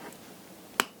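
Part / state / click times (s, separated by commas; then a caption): extractor retention in the rear of a pistol slide, released with a punch / released / 0.8 s. A small punch, the supplied back-strap tool, is pushed into the small hole in the back end of a Glock G19 Gen 6 pistol slide during disassembly to release the extractor retention. A single sharp snap sounds at 0.8 s over quiet background. The retention is released, so the extractor can be dropped out.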